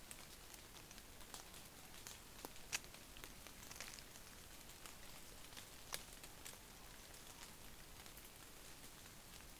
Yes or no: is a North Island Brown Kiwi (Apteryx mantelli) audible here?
no